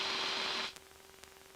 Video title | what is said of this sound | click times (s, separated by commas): The Flying Pedant, Episode One: Austins 2nd Flight | wait till you feel like clip did you hear click there it is now go ahead and run through your controls again and make sure they're not bound | 0.8 s, 1.2 s